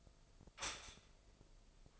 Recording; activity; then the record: daily activity, microphone in the room; stop toaster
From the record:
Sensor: 5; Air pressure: 995.3 hPa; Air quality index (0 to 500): 106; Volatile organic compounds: 7 ppm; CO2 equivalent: 2033 ppm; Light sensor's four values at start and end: 35/83/34/34 and 35/83/34/34